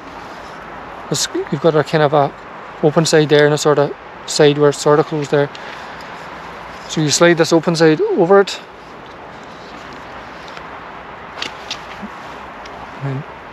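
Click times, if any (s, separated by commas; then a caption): 11.4 s. Someone talks while sliding the open side of a plastic fitting over its circular mount on a foldable 10L water jerrycan and pushing it on. A short, sharp click is heard at 11.4 seconds as the fitting seats into place.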